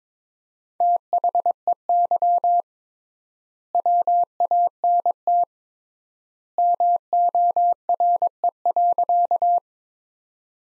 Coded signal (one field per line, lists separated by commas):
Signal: Morse code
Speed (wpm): 21 wpm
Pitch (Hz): 700 Hz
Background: none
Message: THEY WANT MORE.